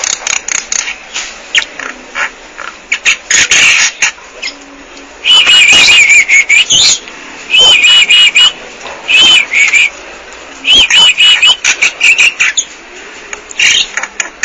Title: Jalak Bali